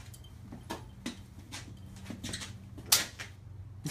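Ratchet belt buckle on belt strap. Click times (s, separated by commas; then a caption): 2.9 s. A click-style ratchet buckle on a Comfort Click belt strap is loaded or struck during a retention test, with a steady low hum and a few softer taps and thumps around it. At 2.9 s the buckle lets go with a sharp, bright click, showing the belt comes unclipped easily.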